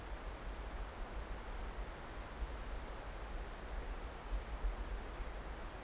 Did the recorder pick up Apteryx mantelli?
no